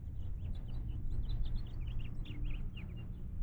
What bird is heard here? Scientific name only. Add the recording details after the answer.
Haemorhous mexicanus. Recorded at North Valley Stream on Long Island, New York, on 11 June 1975. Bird A